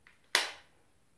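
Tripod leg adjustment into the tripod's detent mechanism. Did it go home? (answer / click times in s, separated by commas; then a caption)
yes / 0.4 s. A mini tripod's plastic legs are moved out one step after its leg-angle release button is pressed. There is a faint tick at 0.1 s, then a sharp, bright click at 0.3 s that rings out and decays over about a quarter second. The legs seat into the second detent position, level two.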